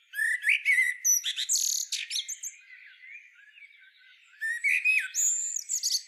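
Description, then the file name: Common blackbird song, fluty warbled notes running into shrill squeaky flourishes, then a second phrase after a softer interval of faint chatter. "Turdus merula"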